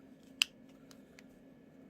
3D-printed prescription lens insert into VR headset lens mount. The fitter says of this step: just pop into place